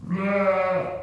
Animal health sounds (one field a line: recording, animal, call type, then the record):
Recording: contact call of a hoofed animal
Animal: sheep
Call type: low-frequency (closed-mouth) or high-frequency (open-mouth) call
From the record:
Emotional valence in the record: negative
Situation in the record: short social isolation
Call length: 1.03 s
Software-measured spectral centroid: 1360 Hz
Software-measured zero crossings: 1250 a second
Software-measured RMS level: -24 dBFS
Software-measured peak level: -10 dBFS